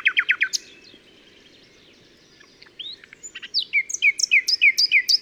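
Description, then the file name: Common nightingale phrases: quick repeated chirps, a brief quiet stretch with soft notes, then a loud rhythmic series of repeated whistled notes. "Luscinia megarhynchos"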